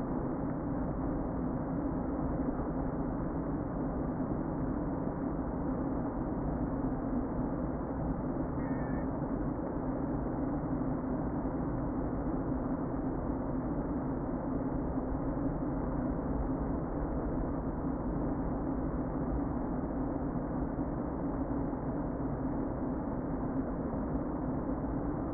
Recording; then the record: honeybee colony, microphone inside the hive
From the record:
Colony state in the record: queen present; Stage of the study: before two queens were removed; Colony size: about 60,000 bees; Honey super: yes